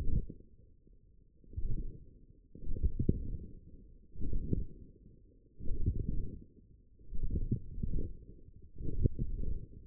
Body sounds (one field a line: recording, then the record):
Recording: forearm muscle sounds (acoustic myography)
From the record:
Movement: forearm supination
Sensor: system 1, eight BSWA MPA416 microphones around the upper forearm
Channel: 3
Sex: male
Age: 42 years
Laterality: right